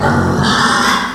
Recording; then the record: squeal of a Yucatan mini pig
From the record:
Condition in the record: after surgery on the right vocal fold (resection and tissue-engineered implant); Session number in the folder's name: 16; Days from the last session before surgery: 183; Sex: female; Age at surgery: 19 weeks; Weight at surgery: 25 kg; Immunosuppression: prednisolone